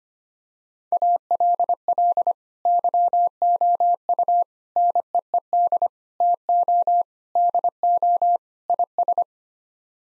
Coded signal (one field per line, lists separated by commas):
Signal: Morse code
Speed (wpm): 25 wpm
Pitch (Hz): 700 Hz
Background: none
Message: ALL YOU NEED TO DO IS